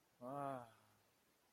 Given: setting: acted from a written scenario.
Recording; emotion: vocal sound without words; sympathy